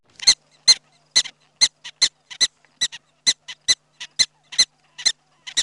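Prairie dog, sharp barking chirps repeated steadily, often in quick pairs, about two or three per second, with no other sounds.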